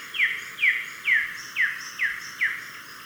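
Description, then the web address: Olive tanager song: six clear down-slurred notes spaced roughly half a second apart, with faint higher thin notes slipped in between. Recorded in Ecuador. "Birds of Ecuador. Olive Tanager"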